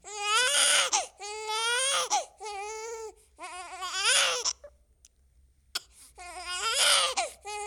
Baby Crying.